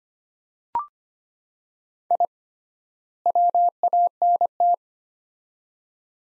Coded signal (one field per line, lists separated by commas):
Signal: Morse code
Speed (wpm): 25 wpm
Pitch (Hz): 700 Hz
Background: none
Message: I WANT